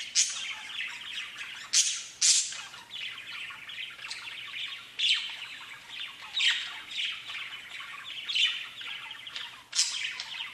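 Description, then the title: Budgerigar chatter, steady scratchy warbling punctuated by occasional sharp high squawks. "Budgie Sounds"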